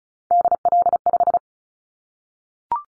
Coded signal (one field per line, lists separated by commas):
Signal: Morse code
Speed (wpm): 36 wpm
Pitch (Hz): 700 Hz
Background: none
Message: DL5